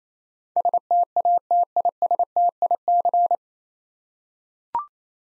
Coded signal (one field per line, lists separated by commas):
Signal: Morse code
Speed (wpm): 28 wpm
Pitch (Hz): 700 Hz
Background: none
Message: STATISTIC